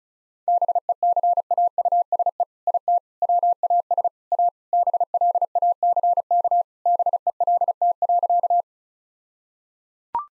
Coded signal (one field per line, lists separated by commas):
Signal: Morse code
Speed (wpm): 36 wpm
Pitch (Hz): 700 Hz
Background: none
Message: BECAUSE IT WAS A BLACK BELT.